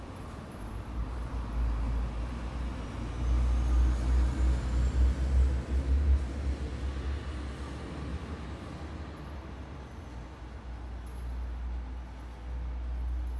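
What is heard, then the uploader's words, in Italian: At Bologna's central station, a heavy low rumble of vehicles or train machinery fills the scene, swelling louder between about three and six seconds before easing back. A dense murmur of activity continues underneath, with a faint high whine drifting through. Bologna, Stazione Centrale. Breve ripresa della Stazione Centrale di Bologna.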